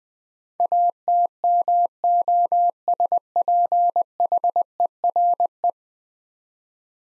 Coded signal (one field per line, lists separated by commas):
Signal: Morse code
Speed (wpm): 20 wpm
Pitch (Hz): 700 Hz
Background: none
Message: ATMOSPHERE